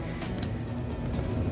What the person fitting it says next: Hear that click? Now, it's perfectly done.